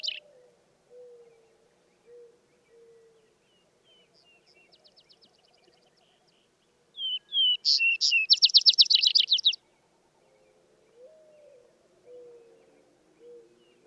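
Vesper sparrow song in the middle, whistles then a bright rapid trill, framed by soft, low, repeated whistles from another bird before and after.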